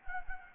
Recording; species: mosquito wingbeat signal from an infrared sensor; Anopheles arabiensis